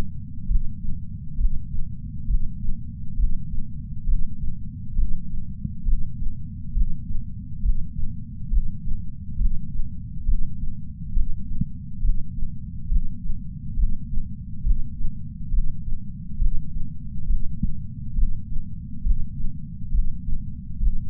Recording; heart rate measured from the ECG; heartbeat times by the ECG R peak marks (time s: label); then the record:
heart sounds by patch sensor on the chest; 68 bpm
0.47 s: heartbeat
1.37 s: heartbeat
2.26 s: heartbeat
3.16 s: heartbeat
4.06 s: heartbeat
4.95 s: heartbeat
5.84 s: heartbeat
6.73 s: heartbeat
7.62 s: heartbeat
8.50 s: heartbeat
9.38 s: heartbeat
10.25 s: heartbeat
11.13 s: heartbeat
12.01 s: heartbeat
12.88 s: heartbeat
13.76 s: heartbeat
14.63 s: heartbeat
15.50 s: heartbeat
16.38 s: heartbeat
17.26 s: heartbeat
18.15 s: heartbeat
19.03 s: heartbeat
19.91 s: heartbeat
20.80 s: heartbeat
From the record:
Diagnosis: coronary artery disease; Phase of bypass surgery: intraoperative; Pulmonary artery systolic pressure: 24 mmHg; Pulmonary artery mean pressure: 16 mmHg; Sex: male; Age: 58 years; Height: 170 cm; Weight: 80 kg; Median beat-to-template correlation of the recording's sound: 0.91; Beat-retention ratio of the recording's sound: 0.99